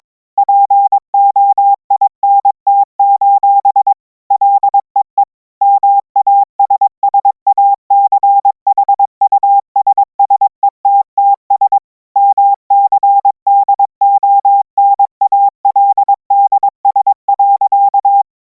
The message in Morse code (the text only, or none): POINT: LEE MASSACHUSSETTS MCDONALDS.